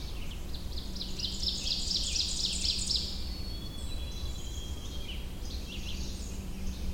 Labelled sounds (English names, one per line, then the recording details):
Ovenbird song
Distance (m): 55 m
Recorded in boreal forest in Alberta, Canada, on 21 June 2016 at 06:52
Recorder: SongMeter 3, array SBT-6-81
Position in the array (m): 35 m, 95 m
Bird 24